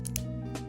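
A plastic spinning-top bit with an extra plastic tab is fitted into a spinning-top ratchet assembly, giving two sharp plastic clicks at 0.1 s and 0.2 s over steady background music. The bit seats and clicks into place the same as a normal bit.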